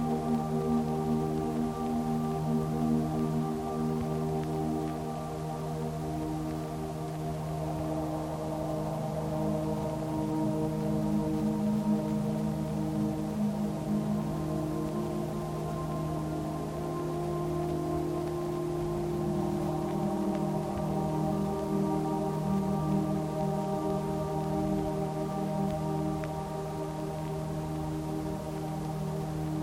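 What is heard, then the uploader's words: Relaxing music rests on a soft hiss of white noise that holds steady throughout. Sustained low tones ring and overlap like a slow gong or singing-bowl drone, their pitches shifting gently mid-clip, with no beat or sharp events and an even, unchanging loudness. Peaceful chords fading in and out over the course of the episode. Relaxing Music with White Noise.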